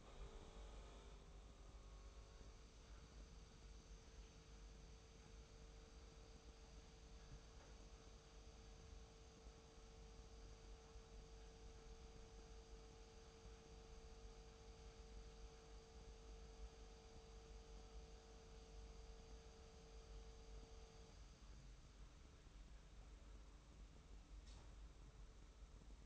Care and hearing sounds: daily activity, microphone in the room; make coffee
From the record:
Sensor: 1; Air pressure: 990.8 hPa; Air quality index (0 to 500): 142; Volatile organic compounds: 768 ppm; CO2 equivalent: 5103 ppm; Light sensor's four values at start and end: 21/49/20/22 and 21/49/21/22

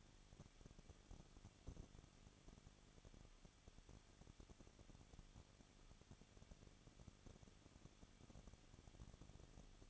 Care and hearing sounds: daily activity, microphone in the room; no activity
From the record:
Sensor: 4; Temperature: 23.1 degrees Celsius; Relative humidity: 34.3%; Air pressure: 1007.2 hPa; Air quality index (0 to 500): 216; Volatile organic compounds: 15 ppm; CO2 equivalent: 2495 ppm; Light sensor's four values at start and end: 2/3/1/1 and 2/3/1/1

